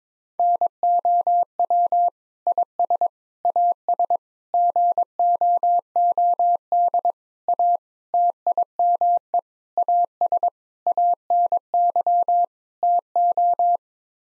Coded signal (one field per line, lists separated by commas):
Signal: Morse code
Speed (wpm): 21 wpm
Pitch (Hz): 700 Hz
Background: none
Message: NOW IS AS GOOD A TIME AS ANY TO